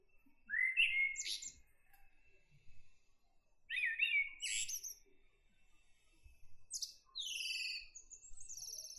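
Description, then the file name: Common blackbird phrases: short rich fluty notes each followed by high, squeaky flourishes, ending in a series of thin, very high twittered notes. "Turdus merula"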